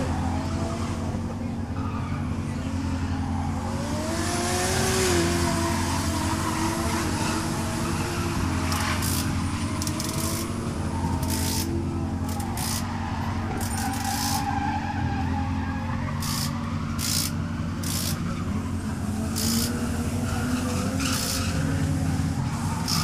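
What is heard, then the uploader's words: Cars at a drift track meeting: a steady, low engine rumble fills the whole clip while revs rise and fall in the middle range. From about nine seconds on, sharp bright bursts cut in every second or two over the constant drone. Field recording taken at the last ever drift track meeting held at Archerfield drift track, Archerfield, Queensland, Australia. Sound recording by G R Legge, 24bit/48kHz on a Zoom H5 with included microphone capsule.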